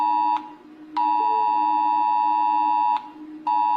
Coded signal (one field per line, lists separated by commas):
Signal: Emergency Alert System (SAME) tones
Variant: 853 and 960 Hz attention tone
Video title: Rating EAS Alarms (PLEASE READ THE PINNED COMMENT)